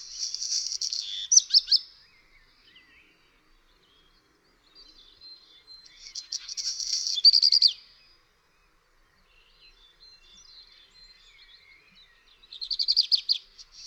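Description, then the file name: Black redstart song in separate phrases about six seconds apart, each a high, crackling, grating rush with a few brief clearer notes, and quiet pauses between them. "Kopciuszek"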